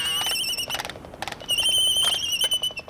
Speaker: are Laysan albatrosses, huge, handsome seabirds with white bodies and dark, saber-shaped wings 6 feet across.